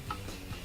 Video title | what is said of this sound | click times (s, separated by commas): GE Washer Will Not Stop Filling Up | As you see there, has a little tab that snaps in place and secures the | 0.1 s